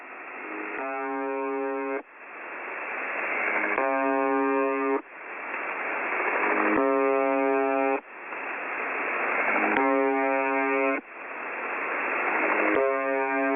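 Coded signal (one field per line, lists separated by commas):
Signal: channel marker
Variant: UVB-76 (The Buzzer)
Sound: five rough, low buzzes, each about a second long, repeating every three seconds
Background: radio static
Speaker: now i will play a little bit of a snippet from the uh radio station so you can hear what is just just a small portion of what is going on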